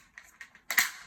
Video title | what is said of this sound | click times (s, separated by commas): How to Repair the Clutch Mechanism on a Hunter Douglas UltraGlide®️ Blind | and it snaps into place and that's it | 0.7 s, 0.8 s